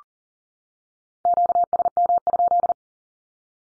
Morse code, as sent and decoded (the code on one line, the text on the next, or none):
--.- ... -- ..--..
QSM?